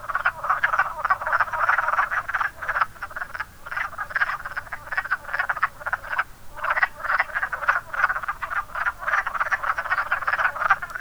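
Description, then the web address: Wood frog chorus of raspy, clucking croaks in dense overlapping bursts, with a short lull around the middle before resuming. "zoology woodfrog"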